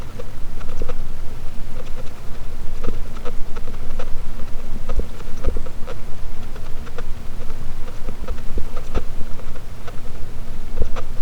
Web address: Physeter Macrocephalus clean cachalot positif